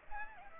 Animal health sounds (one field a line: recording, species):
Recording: mosquito wingbeat signal from an infrared sensor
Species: Aedes aegypti